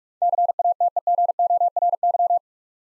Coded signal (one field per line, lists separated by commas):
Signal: Morse code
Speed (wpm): 46 wpm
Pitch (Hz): 700 Hz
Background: none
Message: CATEGORY